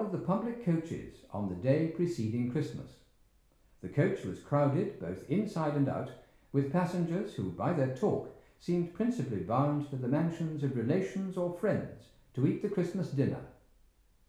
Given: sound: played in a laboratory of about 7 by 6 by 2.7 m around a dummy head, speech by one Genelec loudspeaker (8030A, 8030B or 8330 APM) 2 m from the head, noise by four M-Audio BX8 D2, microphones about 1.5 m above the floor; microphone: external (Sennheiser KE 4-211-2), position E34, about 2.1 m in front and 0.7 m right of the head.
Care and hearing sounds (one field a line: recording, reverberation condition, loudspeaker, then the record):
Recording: male speech in English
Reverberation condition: medium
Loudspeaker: in front (0 degrees)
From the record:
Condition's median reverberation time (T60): about 510 ms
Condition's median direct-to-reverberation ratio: about -0.5 dB